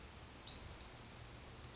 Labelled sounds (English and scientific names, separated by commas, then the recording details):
Western Flycatcher (Empidonax difficilis)
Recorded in Sonoma County, California